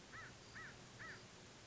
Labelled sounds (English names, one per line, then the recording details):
American Crow
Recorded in Sonoma County, California